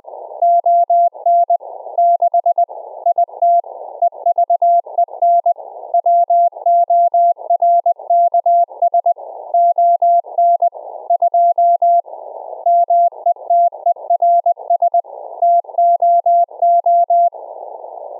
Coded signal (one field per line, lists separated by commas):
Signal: Morse code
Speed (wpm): 20 wpm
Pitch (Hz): 690 Hz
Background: none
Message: ON 6 IT EVEN WORKS ON 2 METERS TOO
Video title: Secure Reliable Transport Protocol(SRT) for REMOTE RIG CW operations on a Raspberry Pi RIG interface